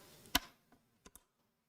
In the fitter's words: you should hear two clicks